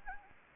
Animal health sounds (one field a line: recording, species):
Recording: mosquito wingbeat signal from an infrared sensor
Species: Anopheles gambiae